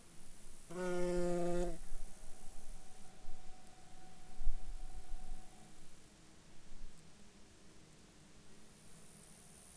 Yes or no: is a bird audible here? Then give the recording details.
no. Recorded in Ivvavik National Park, Yukon, on 8 July 2019 at 12:00. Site SINP09